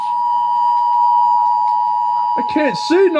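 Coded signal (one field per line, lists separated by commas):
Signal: Emergency Alert System (SAME) tones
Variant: 853 and 960 Hz attention tone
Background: speech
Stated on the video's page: Fake EAS abduction alert played as a prank, not a real broadcast.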